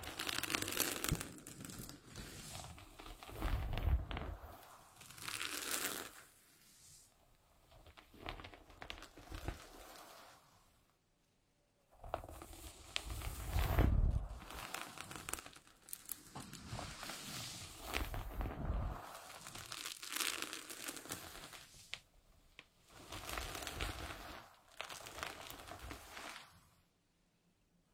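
Hair is combed gently in a run of soft, bristly, scratchy strokes that come in uneven bursts of a few seconds each. The brushing stops briefly around eleven seconds and again at the end, with a few low bumps mixed in.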